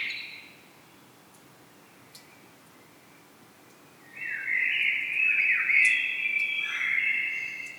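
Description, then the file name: Common blackbird: a short note opens, then quiet, followed by a long, varied warbling phrase of about four seconds. "Turdus merula"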